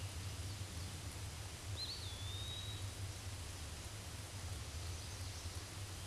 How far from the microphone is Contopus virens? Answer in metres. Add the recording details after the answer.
about 35 m. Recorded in a Pennsylvania forest on 18 May 2023 at 13:39. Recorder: AudioMoth, point grid1_22_low. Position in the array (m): 203 m, 175 m